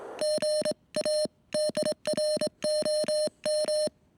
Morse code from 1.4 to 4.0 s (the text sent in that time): DROM